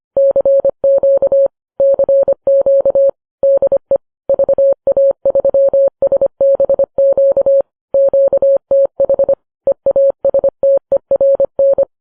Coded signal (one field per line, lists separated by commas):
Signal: Morse code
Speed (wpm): 25 wpm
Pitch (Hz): 550 Hz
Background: none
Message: CQ CQ DE VA3SBQ QTH EASTERN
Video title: Everywhere, all at once: Episode 85—East and West, north and south, 1944